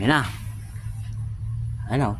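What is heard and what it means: A plastic camera harness connector for a backup camera install on a 2019–2024 Toyota Vios Gen 4.5 is handled behind the trim, about to be pushed into the vehicle wiring plug. Someone talks at the start and end over a steady low hum, and nothing has seated or clicked yet.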